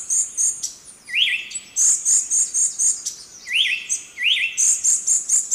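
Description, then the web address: Ochre-breasted tanager calls: rapid high twittering phrases broken by a few rising, swept notes at irregular intervals. Recorded in Ecuador. "Birds of Ecuador. Ochre-breasted Tanager"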